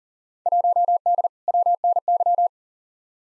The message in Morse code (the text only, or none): 1D WNY